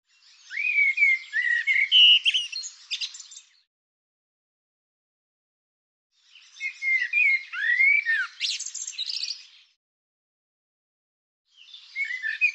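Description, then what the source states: Bird singing two bursts of about three seconds each, packed with chirps, down-slurred whistles and rattly buzzes, separated by clean silences, then the start of a third. Bird labelled "Tu Me".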